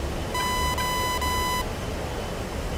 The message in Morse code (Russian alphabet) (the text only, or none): none